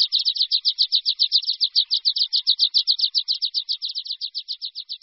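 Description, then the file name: Water pipit song, a continuous quick trill of high chirping notes, slightly softening in the final second. "Linduška-horská"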